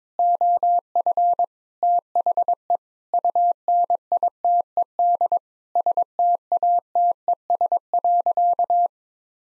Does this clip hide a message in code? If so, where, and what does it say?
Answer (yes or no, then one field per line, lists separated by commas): yes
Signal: Morse code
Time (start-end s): 0.2-8.9 s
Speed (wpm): 21 wpm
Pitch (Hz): 700 Hz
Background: none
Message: OF THE UNITED STATES.